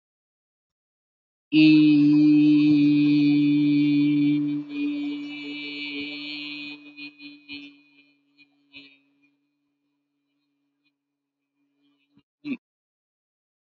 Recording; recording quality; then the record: sustained vowel as in beet; excellent, no background noise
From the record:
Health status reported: healthy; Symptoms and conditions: none ticked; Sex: male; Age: 79 years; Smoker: not ticked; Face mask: not worn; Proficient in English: yes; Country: India